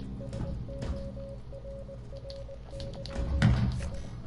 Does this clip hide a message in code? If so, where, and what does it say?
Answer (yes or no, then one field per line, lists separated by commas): yes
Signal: Morse code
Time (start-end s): 0.2-4.0 s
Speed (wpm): 20 wpm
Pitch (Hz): 550 Hz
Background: none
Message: SORRY I